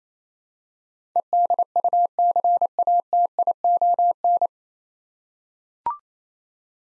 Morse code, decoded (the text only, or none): EDUCATION